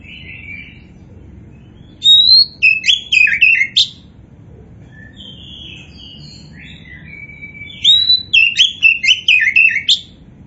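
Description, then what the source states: Oriental magpie-robin sings two energetic bursts of clear rising whistles and chattering notes, with softer whistled fragments filling the pause between them. Kacer poci variety, described as gacor (singing actively).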